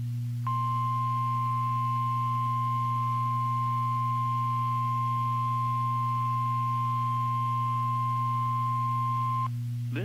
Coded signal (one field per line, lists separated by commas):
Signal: Emergency Alert System (SAME) tones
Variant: 1050 Hz attention tone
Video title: EAS #1558 - MY FIRST HURRICANE WARNING IN SC FOR HURRICANE MATTHEW 10-6-2016